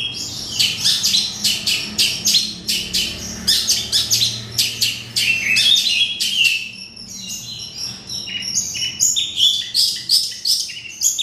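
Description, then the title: Oriental magpie-robin song: dense, rapid chattering notes delivered almost without pause, easing briefly in the second half. Singing (kicau). "Kicau Kacer"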